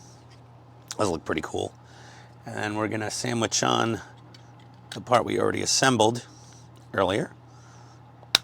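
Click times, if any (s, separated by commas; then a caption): 8.4 s. A pre-assembled plastic/diecast hip sub-assembly for a large-scale Agora Models Generation 1 Optimus Prime Transformers partwork kit is sandwiched onto the waist section and pressed home. Someone talks over a steady low hum, then a sharp, positive click is heard at 8.4 s as the part snaps into place, fully seated.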